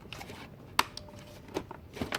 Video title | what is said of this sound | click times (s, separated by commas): UPDATED: How To Remove & Install Your TIPM (Fuse Box) & install doing HARD RESET - Full Tutorial! | even though I hear it locking I'm still pressing it again | 0.8 s